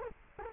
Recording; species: mosquito wingbeat signal from an infrared sensor; Culex quinquefasciatus